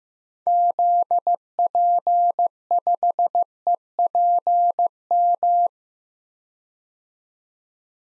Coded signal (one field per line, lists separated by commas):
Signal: Morse code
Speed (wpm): 15 wpm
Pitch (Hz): 700 Hz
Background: none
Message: ZP5EPM